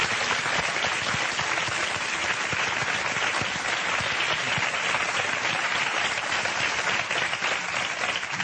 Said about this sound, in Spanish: Un aplauso para los cuatro.